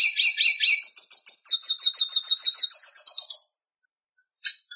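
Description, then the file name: Red siskin song of rapid, scratchy trilled phrases shifting in pitch, running continuously for over three seconds before a pause and brief high chirps. "Canto do pintassilgo da venezuela"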